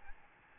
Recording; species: mosquito wingbeat signal from an infrared sensor; Aedes albopictus